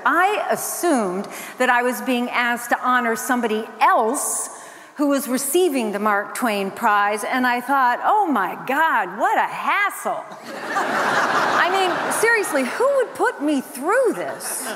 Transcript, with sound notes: I assumed that I was being asked to honor somebody else who was receiving the Mark Twain Prize. And I thought, oh, my God. What a hassle.
(LAUGHTER)
I mean, seriously, who would put me through this